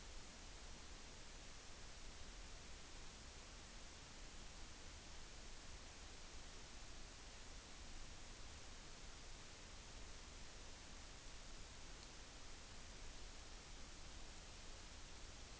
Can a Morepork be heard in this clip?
no